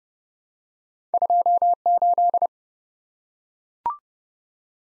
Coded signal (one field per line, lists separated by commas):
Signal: Morse code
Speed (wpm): 32 wpm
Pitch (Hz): 700 Hz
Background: none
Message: 28